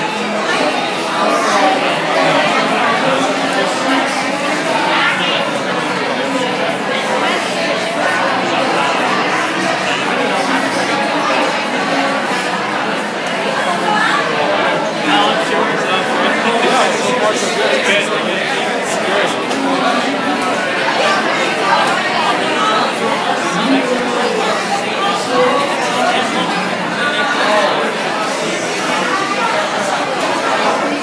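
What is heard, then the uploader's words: Busy bar ambience: many voices talk over one another in a dense, steady murmur that fills the whole half minute. No single voice stands out, with occasional brief clinks or louder exclamations within the chatter. Bar sounds at Hatchwild by nathaliep.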